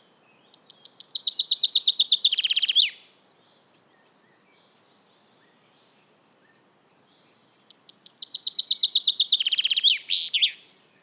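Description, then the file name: Common chaffinch singing twice: a rapid descending trill of sweet notes ending in a short flourish, in quiet surroundings. "Fringilla coelebs"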